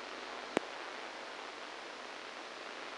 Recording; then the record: brain microelectrode recording played as sound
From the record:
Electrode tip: inside the subthalamic nucleus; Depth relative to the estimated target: -1 mm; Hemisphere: right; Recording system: NeuroSet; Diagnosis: Parkinson's disease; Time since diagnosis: 7 years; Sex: male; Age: 69 years